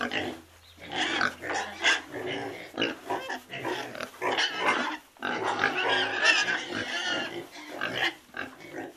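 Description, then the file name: Pig grunts and squeals, a continuous run of rough, noisy snorts and oinks rising and falling in bursts throughout. "porc"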